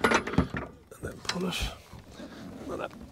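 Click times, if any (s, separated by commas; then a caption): none. The lid latch of a camping storage box in a Tesla Model Y is handled after its lock is twisted and unlocked, and the lid is pulled down with brief knocks and rattles while someone talks. The latch has not yet locked in, and nothing has seated or clicked.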